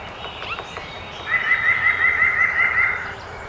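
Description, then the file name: White-breasted nuthatch song: a single quick run of about nine nasal, even 'wha' notes near mid-pitch, delivered steadily over roughly two seconds after a few faint chips. Recorded 2018-05-12; twelve songs in the recording. "2018-05-12 WBNU-12 Songs"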